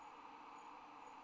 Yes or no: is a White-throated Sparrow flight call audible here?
no